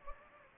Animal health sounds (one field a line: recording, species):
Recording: mosquito wingbeat signal from an infrared sensor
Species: Anopheles gambiae